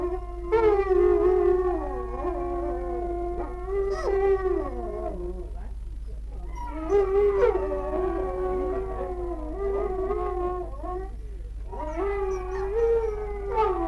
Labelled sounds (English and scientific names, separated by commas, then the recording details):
African Golden Wolf (Canis anthus)
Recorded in captivity
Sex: pair
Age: adult
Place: Zoo Berlin, Berlin, DE
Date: 1961-05-13 14:00
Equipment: Minifon, Kopie Smaragd
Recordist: Tembrock, Günter